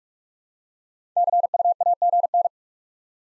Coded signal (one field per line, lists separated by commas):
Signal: Morse code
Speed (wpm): 45 wpm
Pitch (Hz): 700 Hz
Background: none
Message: CUAGN